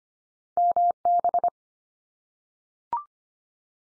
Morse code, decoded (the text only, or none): MB